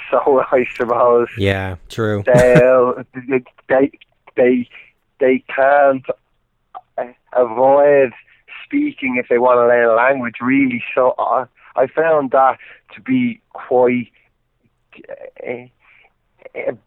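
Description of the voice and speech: An adult man speaks in conversation, with repeated whole-word repetitions ("they… they… they can't"), drawn-out sounds and silent blocks of up to about a second before words. Stuttering interrupts otherwise clear, steady-pitched speech.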